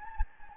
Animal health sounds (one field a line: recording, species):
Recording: mosquito wingbeat signal from an infrared sensor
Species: Anopheles gambiae